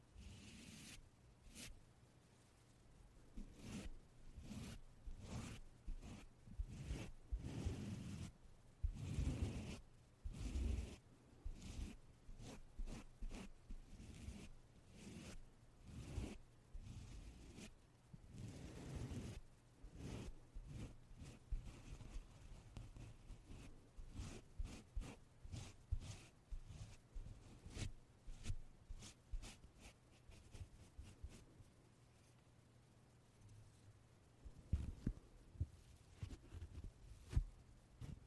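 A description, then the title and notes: Puffing sounds come in quick, irregular bursts for the whole stretch, some single and sharp, others bunched into rapid flurries, with no talking. A steady low hum runs underneath. The bursts thin out briefly near the end before a few louder ones return. 말없이 퍼프 소리만, 가득 담아봤어요 puff sound no talking asmr.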